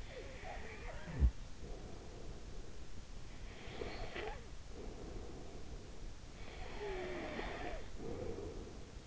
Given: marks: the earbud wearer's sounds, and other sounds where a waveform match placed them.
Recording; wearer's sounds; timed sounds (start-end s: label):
sounds in sleep by an in-ear microphone; snoring breath
0.06-3.01 s: snoring breath
3.43-5.72 s: snoring breath
6.44-9.06 s: snoring breath